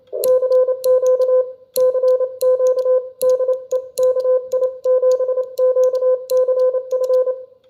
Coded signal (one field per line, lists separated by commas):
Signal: Morse code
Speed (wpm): 28 wpm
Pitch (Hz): 1020 Hz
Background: none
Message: CQ CQ DE KI7QCF